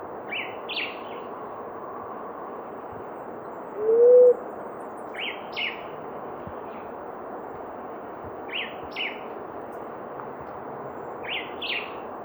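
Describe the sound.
Blue-headed quail-dove giving a single low, slightly rising hooting coo early on, while another bird repeats paired high chirps every few seconds over a steady background hiss.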